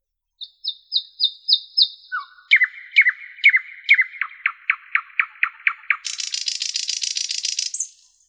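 Common nightingale song: a run of high repeated notes, then a lower series of sharp descending clicks, ending in a rapid buzzy trill; no other sounds.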